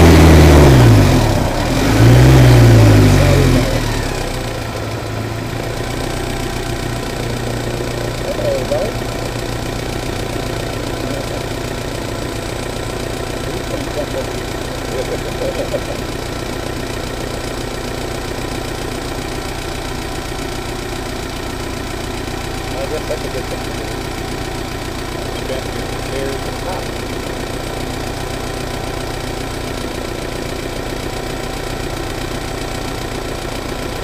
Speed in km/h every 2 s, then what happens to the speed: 32, 19, 11, 5, 0, 0, 0, 0, 0, 0, 0, 0, 0, 0, 0, 0, 0.
0-7 brakes to 0. 7-34 standing.